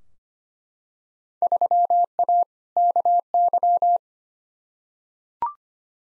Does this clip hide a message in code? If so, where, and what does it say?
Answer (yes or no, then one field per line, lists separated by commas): yes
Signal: Morse code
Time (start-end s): 1.4-4.0 s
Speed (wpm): 25 wpm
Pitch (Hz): 700 Hz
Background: none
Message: 3A KY